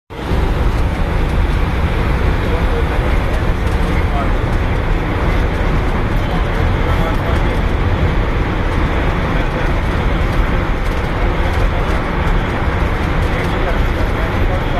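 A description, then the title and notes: Passing through a tunnel at Jammu in India: a loud, steady roar of vehicle noise fills the whole clip, heaviest in the low rumble. The level barely changes, with only slight fluctuations, and a faint voice may sit beneath the din. A Tunnel at Jammu in India. I had recorded a video passing through a tunnel.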